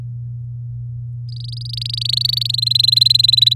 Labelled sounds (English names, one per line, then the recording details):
Domestic Canary song
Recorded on 8 May 2018 at 06:01
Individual llb16